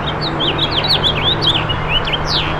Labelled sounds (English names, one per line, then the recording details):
House Finch song
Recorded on Long Island, New York, on 8 June 2012
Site AS
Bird A